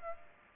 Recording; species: mosquito wingbeat signal from an infrared sensor; Aedes aegypti